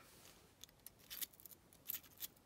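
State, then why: Not seated. A crimped blade wire terminal from an H4 relay kit is pushed into the H4 headlight plug housing of a Land Rover Series 2A, making a few short, sharp ticks and rubbing, scraping bursts. The terminal fails to stay latched in the connector housing, possibly because it is being put in backwards, so nothing has seated yet.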